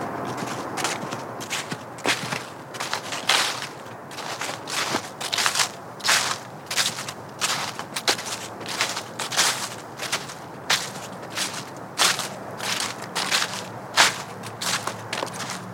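Footsteps crunch along a trail through the woods, one sharp, crackly step landing about every half second to second in a steady walking rhythm. Some steps hit harder than others. A faint low hum runs underneath throughout.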